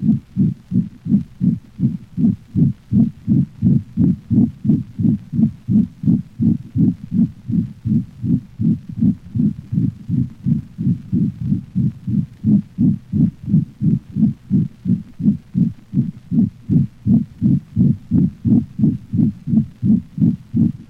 A high-frequency sound heard most distinctly along the cranial left ventral thorax the loud, intense sound heard with pulmonic stenosis may obscure other heart sounds.